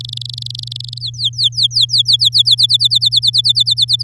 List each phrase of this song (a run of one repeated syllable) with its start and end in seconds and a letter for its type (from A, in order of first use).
0.00-0.98 A, 1.00-2.55 B, 2.58-4.03 C